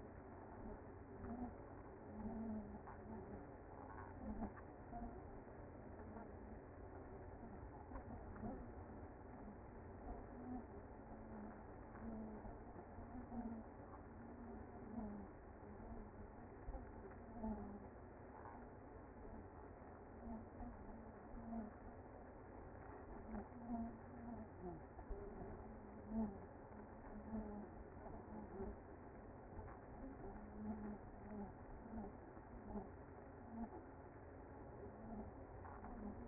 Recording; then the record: honeybee colony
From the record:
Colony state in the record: active